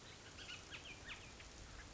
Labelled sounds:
Bullock's Oriole
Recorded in Sonoma County, California

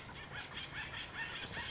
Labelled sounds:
House Wren
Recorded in Sonoma County, California

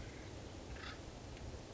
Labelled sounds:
Acorn Woodpecker
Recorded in Sonoma County, California

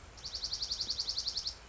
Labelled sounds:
Dark-eyed Junco
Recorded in Sonoma County, California

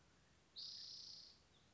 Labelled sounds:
Spotted Towhee
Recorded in Sonoma County, California

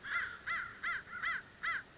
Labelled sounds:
American Crow
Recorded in Sonoma County, California

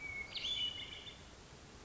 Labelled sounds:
Hermit Thrush
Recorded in Sonoma County, California

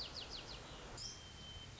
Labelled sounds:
White-crowned Sparrow
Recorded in Sonoma County, California

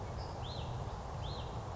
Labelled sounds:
Hutton's Vireo
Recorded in Sonoma County, California

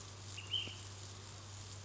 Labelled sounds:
Ash-throated Flycatcher
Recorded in Sonoma County, California

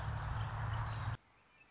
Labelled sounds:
Red-winged Blackbird
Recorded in Sonoma County, California

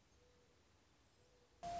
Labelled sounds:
Mourning Dove
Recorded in Sonoma County, California

